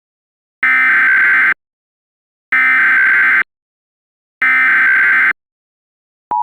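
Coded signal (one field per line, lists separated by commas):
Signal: Emergency Alert System (SAME) tones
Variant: header bursts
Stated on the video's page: Mock alert made with valid EAS tones.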